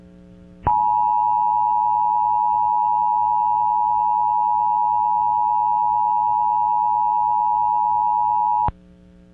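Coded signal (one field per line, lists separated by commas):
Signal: Emergency Alert System (SAME) tones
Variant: 853 and 960 Hz attention tone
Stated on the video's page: Pennsylvania Required Monthly Test alert tones.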